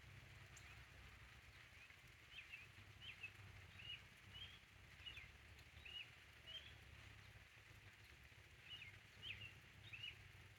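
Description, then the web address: Bird chirps, several short high notes in a loose series over steady rain noise. "codly ambient-or-nature birds in the rain"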